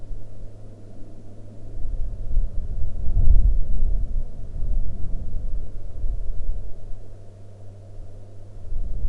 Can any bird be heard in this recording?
no